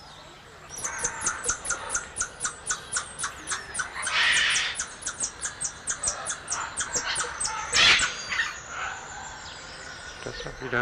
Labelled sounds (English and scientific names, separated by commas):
Golden Lion Tamarin (Leontopithecus rosalia) call